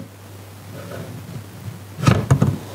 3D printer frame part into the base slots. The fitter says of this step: we go kind of locks into place now we have to figure out where